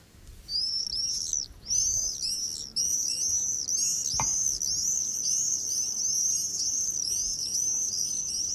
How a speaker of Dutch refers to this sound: Het is juli, dus qua vogelzang is het niet meer zo spannend als in april of mei, maar nog steeds zijn verschillende vogels nog goed te horen. De gierzwaluw, die zien wij ook hier boven ons hoofd. Scheren en gieren, ik zie er nu één.